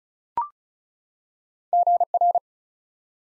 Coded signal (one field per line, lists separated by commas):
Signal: Morse code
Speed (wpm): 36 wpm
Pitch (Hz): 700 Hz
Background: none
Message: GR